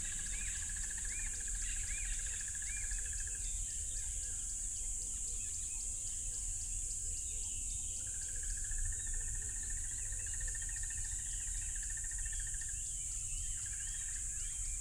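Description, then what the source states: Crickets in a chorus, a steady high shrill drone throughout, with a lower pulsing trill starting and stopping, chirps from other insects or birds, and a constant low rushing rumble. Loud crickets calling beside a tropical river.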